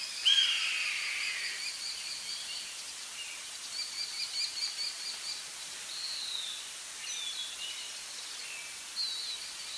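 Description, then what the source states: Bird calls: a loud, rough opening note, then several fainter high, thin whistled notes scattered through the rest, over steady background hiss. Northern Illinois.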